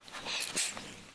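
A single short, sharp, hissing burst, high-pitched and breathy, lasting about a second against a quiet background. It is one sneeze from a cat.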